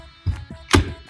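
The folding stock of a SIG Sauer MCX Rattler short rifle in .300 Blackout is pushed up past its side detent and swung back into its hinge lock. After softer low thumps near 0.3 s and 0.5 s, it snaps into the extended position with a sharp, bright click at 0.7 s. The stock is seated and locked, and it is judged very secure.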